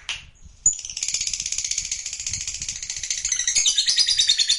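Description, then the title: Lovebird chattering song, a rapid, shrill, buzzy stream of high notes pulsing several times a second, continuing steadily after a brief faint opening. Lovebird sound played to stimulate other lovebirds. "Suara Lovebird"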